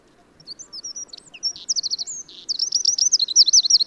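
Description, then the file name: Eurasian wren song, high shrill notes quickening into rapid trills that grow louder over about three seconds. "Troglodytes troglodytes"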